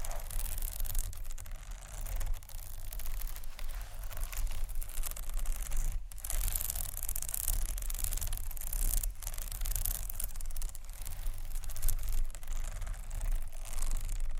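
Textured bags rustle and crinkle continuously, a dense bright scraping with brief quieter gaps near six and nine seconds over a low rumble.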